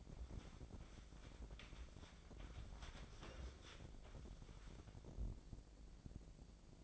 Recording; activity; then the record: daily activity, microphone in the room; wipe stove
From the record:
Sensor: 5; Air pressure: 1012.4 hPa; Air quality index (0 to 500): 158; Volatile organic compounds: 2 ppm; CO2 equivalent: 1079 ppm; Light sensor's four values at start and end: 183/437/188/218 and 184/439/189/217